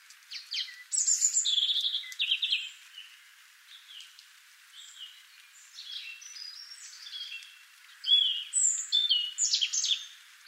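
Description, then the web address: European robin singing strings of high sliding whistles and quick trills in several bursts, with quieter gaps between. "pub SETE data Erithacus rubecula"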